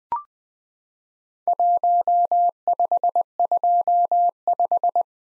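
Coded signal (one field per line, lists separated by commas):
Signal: Morse code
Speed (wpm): 21 wpm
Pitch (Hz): 700 Hz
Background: none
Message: 1525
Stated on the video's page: Morse practice of Worked All Europe DX Contest QTC exchanges at 20 wpm, each sent, spoken, then sent again.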